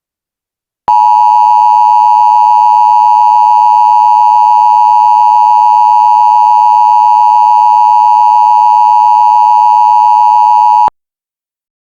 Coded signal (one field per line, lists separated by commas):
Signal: Emergency Alert System (SAME) tones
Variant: 853 and 960 Hz attention tone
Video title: EAS Scanerio #1 Midnight Fire